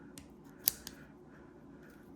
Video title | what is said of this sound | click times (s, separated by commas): Military Multitools 🫡 Hoorah | there it locks in place too | 0.7 s